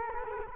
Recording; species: mosquito wingbeat signal from an infrared sensor; Culex quinquefasciatus